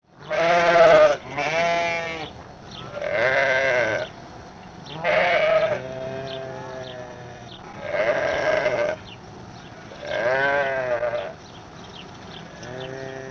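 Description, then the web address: Sheep bleating, loud wavering bleats of a second or so each, repeated several times with short pauses, some overlapping softer bleats in between. Karakul breed. "karlammann. Tierstimmen Schaf karakul"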